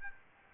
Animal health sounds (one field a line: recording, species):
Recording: mosquito wingbeat signal from an infrared sensor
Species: Aedes albopictus